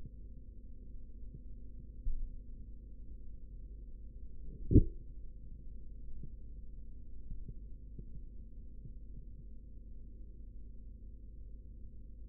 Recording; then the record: forearm muscle sounds (acoustic myography)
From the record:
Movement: rest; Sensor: system 3, bracelet of six PUI Audio POM-2738L microphones around the upper forearm, with dedicated amplification and filtering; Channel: 5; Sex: male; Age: 56 years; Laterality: right